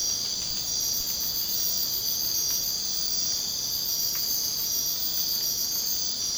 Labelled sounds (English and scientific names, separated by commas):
none